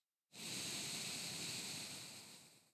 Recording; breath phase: one breath near a microphone; exhalation